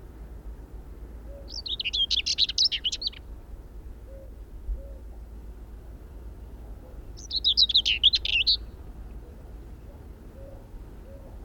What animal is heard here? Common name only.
Common Whitethroat